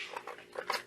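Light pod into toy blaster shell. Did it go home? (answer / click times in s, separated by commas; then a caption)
yes / 0.7 s. A plastic light pod on top of a Buzz Bee Air Warriors Night Tek toy blaster is pressed back down into its shell. A few soft plastic knocks and rubs come first, then a sharp click at 0.7 s as the pod latches and locks into place.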